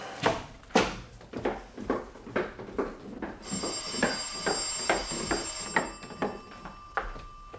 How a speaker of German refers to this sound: Das Telefon. Ich gehe schnell runter.